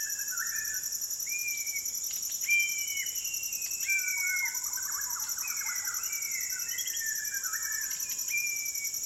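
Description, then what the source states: White-crowned shama song, clear fluting whistles held on level pitches and then dropping, with short sharp notes between, over a steady shrill insect drone. Fluting calls in a dusk chorus at sunset over a rainforest valley, Maliau NP, Borneo; recorded with Sony PCM D10, Lom MikroUsi mics and BubbleBee Windbubbles.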